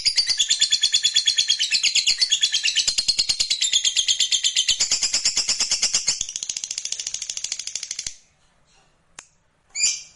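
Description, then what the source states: Lovebird produces a long, rapid, shrill trill lasting about eight seconds, then falls quiet apart from a couple of short chirps near the end. Fighter lovebird performing ngekek panjang (long ngekek).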